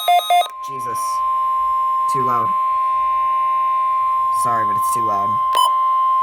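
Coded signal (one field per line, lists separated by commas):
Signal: Emergency Alert System (SAME) tones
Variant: 1050 Hz attention tone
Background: speech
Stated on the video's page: Required weekly test from NOAA Weather Radio station at 162.475 MHz, received on a Midland WR120 weather radio.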